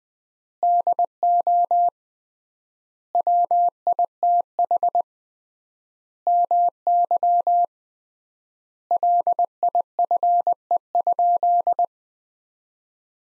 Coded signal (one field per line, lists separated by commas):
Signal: Morse code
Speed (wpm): 19 wpm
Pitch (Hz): 700 Hz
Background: none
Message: DO WITH MY LIFE?